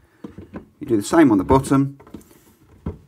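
A bottom clip-on door hinge on a Cooke & Lewis 500 Standard Wall Unit with a lay-on door is handled at its hinge plate on the cabinet side panel, with small taps at about 0.3, 0.6 and 2.2 seconds while someone talks. Nothing has seated or clicked yet.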